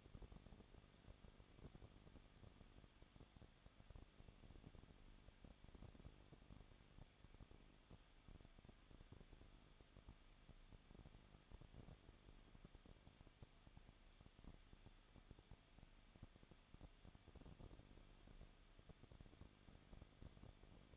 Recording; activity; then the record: daily activity, microphone in the room; no activity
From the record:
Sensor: 4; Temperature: 23.0 degrees Celsius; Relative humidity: 34.5%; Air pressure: 1007.2 hPa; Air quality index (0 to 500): 216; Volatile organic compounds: 15 ppm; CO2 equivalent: 2505 ppm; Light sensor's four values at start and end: 2/3/1/1 and 2/3/1/1